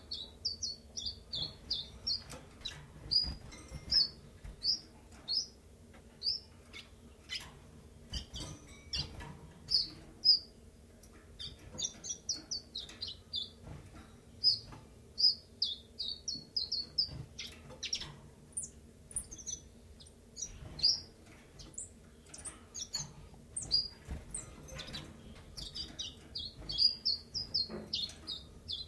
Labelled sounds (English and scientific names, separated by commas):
Common Chiffchaff (Phylloscopus collybita)